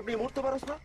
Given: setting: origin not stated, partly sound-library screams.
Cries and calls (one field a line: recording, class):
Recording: one-second piece from a danger detection set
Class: normal situation